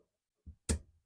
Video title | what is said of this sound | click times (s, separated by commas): How To Replace Drive Motor - Maytag Washing Machine (Phillips Vision: Episode - 151) | line it up until you hear it clip, push the little lock in place, and we're good to go. | 0.7 s